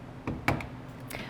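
Two tabs are pinched to release the plastic dirt cup from the body of a Hoover ONEPWR Blade cordless stick vacuum that has been turned off with its battery removed. A faint click at 0.3 s is followed by the main sharp click at 0.5 s as the dirt cup comes free, and a lighter click at 0.6 s. The dirt cup is released.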